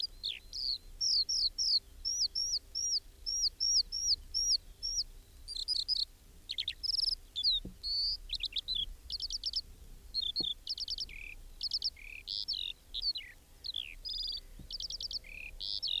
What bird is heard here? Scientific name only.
Alauda arvensis